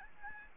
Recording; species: mosquito wingbeat signal from an infrared sensor; Aedes albopictus